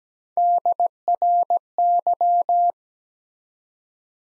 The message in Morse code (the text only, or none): DRY